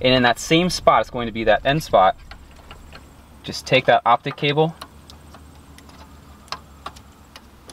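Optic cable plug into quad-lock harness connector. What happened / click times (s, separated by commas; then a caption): The small plastic cable plug clicked into its connector / 6.5 s. The plastic fiber-optic (MOST) cable plug is slid into the end slot of a new quad-lock harness connector while upgrading to an 8.8" screen in an F30/F32/F3x BMW. Someone talks for the first few seconds, then quiet handling follows with small ticks. The plug clicks into place at 6.5 s, seating it.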